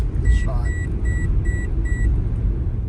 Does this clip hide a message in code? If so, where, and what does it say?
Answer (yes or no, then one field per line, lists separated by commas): no